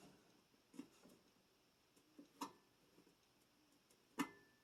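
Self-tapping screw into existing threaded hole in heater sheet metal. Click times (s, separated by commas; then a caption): 2.4 s, 4.2 s. A self-tapping screw in a kerosene heater's sheet-metal hole is turned backwards until its thread drops into the existing thread. Faint ticks and scrapes lead to sharp clicks at 2.4 s and 4.2 s, the second one loudest. The screw thread drops into place in the old thread and the screw is seated.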